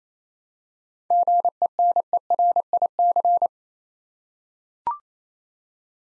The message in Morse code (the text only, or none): GENERIC